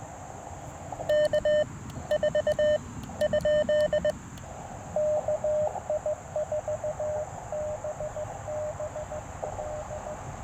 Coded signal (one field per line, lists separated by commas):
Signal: Morse code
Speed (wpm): 20 wpm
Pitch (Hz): 590 Hz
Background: radio noise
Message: K 4 ? KI4BBL